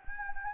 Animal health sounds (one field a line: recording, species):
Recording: mosquito wingbeat signal from an infrared sensor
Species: Anopheles gambiae